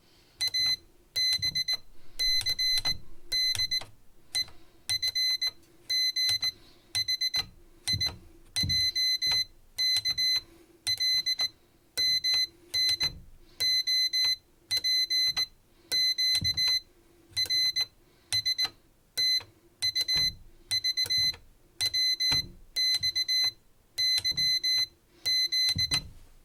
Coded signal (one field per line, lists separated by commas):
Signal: Morse code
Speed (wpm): 18 wpm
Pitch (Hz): 2050 Hz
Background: none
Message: ABCDEFGHIJKLMNOPQRSTUVWXYZ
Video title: A single-finger iambic paddle